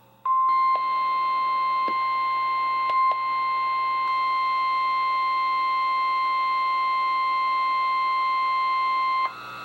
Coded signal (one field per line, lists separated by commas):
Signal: Emergency Alert System (SAME) tones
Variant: 1050 Hz attention tone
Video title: EAS #244-#266: Spot the Difference | KHB36, WNG736, KEC83, & WXM42